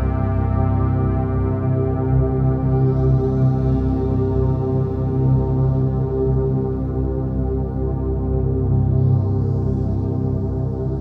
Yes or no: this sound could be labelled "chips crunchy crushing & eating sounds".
no